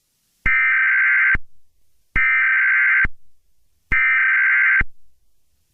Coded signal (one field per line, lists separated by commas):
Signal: Emergency Alert System (SAME) tones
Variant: header bursts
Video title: EAS Scenario #1: Recipe for Disaster